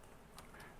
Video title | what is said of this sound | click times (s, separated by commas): Blue_Mo-Fi_Headphone_Review | you'll hear it click and pretty much that's all there is to it so | 0.4 s